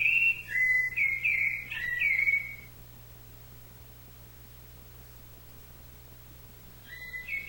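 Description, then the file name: Thrush giving a short burst of quick rising and falling whistled notes, then several seconds of quiet before another whistle starts, with a faint low hum. "SABIA"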